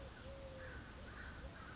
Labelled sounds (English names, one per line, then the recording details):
Eurasian Collared Dove
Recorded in Sonoma County, California